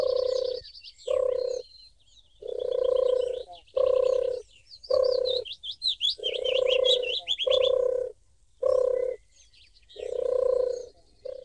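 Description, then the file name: Wood pigeon cooing, low hollow notes in a rhythmic phrase of long and short coos with brief pauses, while small birds chirp and twitter higher in the background. "Spectacular Sound Effects - Birds Wood Pigeon"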